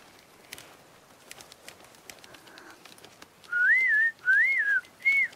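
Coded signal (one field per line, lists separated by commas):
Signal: whistled language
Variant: Turkish whistled language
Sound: three smooth rising and falling whistles after quiet clicks and room noise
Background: faint clicks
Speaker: So what you hear in the film is 100% the real whistling language, which you can really use to say anything you want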